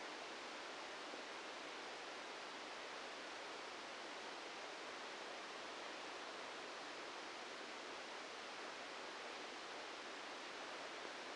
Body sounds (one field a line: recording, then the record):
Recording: brain microelectrode recording played as sound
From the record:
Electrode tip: outside the subthalamic nucleus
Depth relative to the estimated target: 3 mm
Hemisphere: left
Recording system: NeuroSet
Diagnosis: Parkinson's disease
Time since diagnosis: 14 years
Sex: male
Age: 51 years